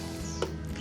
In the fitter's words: Sudah ada bunyi klik.